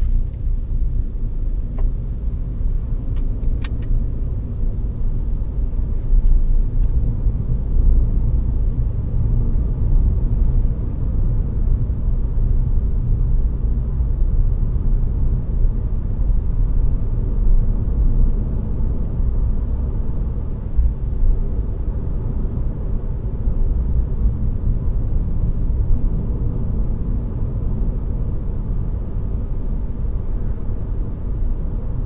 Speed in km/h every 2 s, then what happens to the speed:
52, 61, 67, 76, 78, 76, 78, 87, 90, 89, 89, 86, 86, 86, 87, 89.
0-6 speeds up to 76. 6-11 steady at about 76. 11-14 speeds up to 87. 14-32 steady at about 87.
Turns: none.